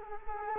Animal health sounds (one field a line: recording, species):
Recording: mosquito wingbeat signal from an infrared sensor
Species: Culex quinquefasciatus